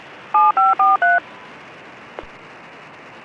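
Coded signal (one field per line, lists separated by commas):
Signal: DTMF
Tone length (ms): 190 ms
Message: 7543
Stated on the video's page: Local 2m traffic monitored: FM simplex, SSB, AllStarLink node, D-Star cross-mode to DMR and YSF, plus rail transit NXDN and county fire systems on scan.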